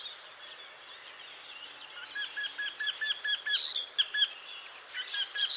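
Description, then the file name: Eurasian wryneck giving a series of evenly spaced notes, amid higher chirping and twittering. "Torcol"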